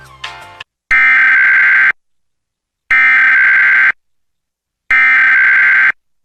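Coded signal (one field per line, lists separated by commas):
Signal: Emergency Alert System (SAME) tones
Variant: header bursts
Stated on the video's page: Fictional mock tornado emergency with valid SAME tones, styled as relayed by a NOAA Weather Radio station, not real.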